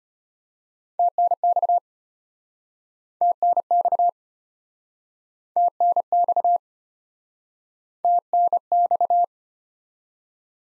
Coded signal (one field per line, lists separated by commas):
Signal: Morse code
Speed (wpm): 33 wpm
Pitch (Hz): 700 Hz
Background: none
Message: TNX TNX TNX TNX